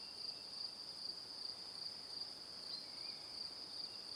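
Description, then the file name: Crickets chirp in a high pulsing trill over faint hiss. Evening. "Calm - Evening Crickets"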